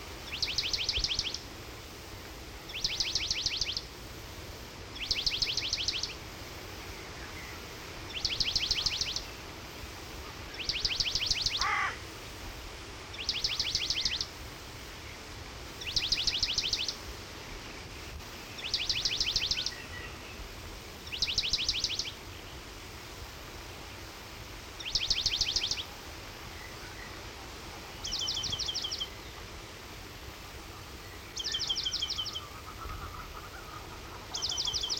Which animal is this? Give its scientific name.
Remiz pendulinus